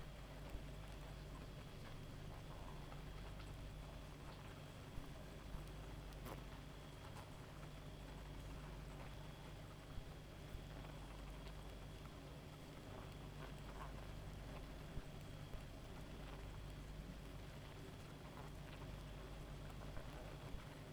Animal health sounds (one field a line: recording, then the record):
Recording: honeybee colony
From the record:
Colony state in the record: active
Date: 28 July 2017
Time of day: 1:37